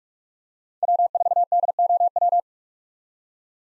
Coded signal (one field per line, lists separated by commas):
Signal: Morse code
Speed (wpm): 47 wpm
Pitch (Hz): 700 Hz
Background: none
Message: W4DOW